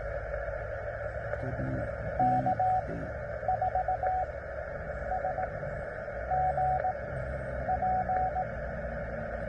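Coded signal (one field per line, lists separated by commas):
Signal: Morse code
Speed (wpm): 18 wpm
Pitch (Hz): 740 Hz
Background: radio noise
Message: K4SGP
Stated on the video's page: CW park activation on a vertical antenna, battery powered.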